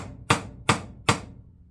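A bearing or bushing is tapped into the housing of a D.A.M Quick 550 fishing reel with three sharp, loud taps at 0.3, 0.7 and 1.1 seconds, each ringing briefly before fading. The taps drive the part further into the reel body until it is fully seated.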